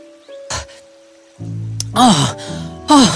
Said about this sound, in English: He slowly pulled the pot filled with water out of the river and gave it to to Anansi.